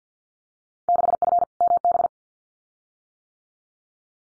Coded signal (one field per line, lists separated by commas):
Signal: Morse code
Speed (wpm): 50 wpm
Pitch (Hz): 700 Hz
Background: none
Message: 6F MB